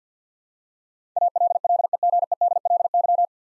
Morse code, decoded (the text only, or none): ALLEGEDLY